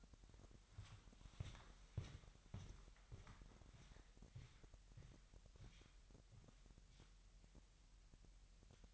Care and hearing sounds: daily activity, microphone in the room; walk to room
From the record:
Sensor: 3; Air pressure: 1002.0 hPa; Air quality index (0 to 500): 247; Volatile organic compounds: 49 ppm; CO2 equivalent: 3287 ppm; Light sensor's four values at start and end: 7/15/6/6 and 8/18/7/7

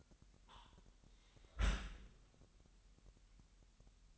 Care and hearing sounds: daily activity, microphone in the room; close dishwasher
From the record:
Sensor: 3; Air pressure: 998.2 hPa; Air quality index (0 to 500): 149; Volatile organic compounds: 5 ppm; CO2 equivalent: 1784 ppm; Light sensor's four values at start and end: 13/39/16/14 and 13/39/16/14

